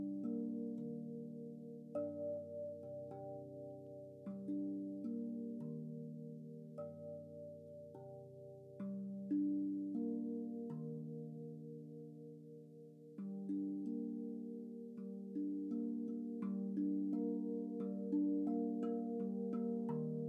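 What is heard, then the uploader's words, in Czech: A metal tongue drum is struck slowly, each note ringing out and overlapping the last into a warm, sustained low-to-mid wash. New strikes land every second or two with soft attacks, and the playing swells louder around ten and thirteen seconds. Zvukové lázně - kovový buben Rav vast.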